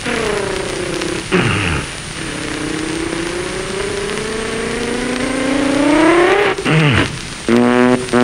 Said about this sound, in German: Da nehme ich mein Auto und flüchte. Ich kurbel es an.